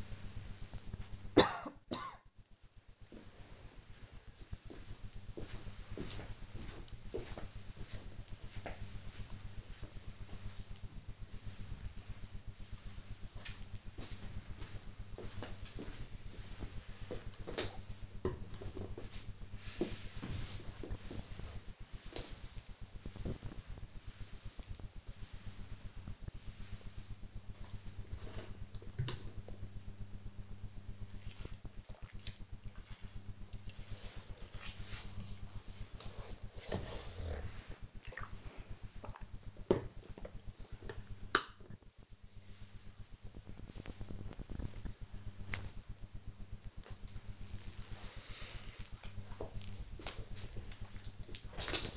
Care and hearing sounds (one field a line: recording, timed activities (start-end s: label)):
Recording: household activities, microphone on the right wrist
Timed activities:
0.00-25.17 s: petting the dog
27.17-39.27 s: drinking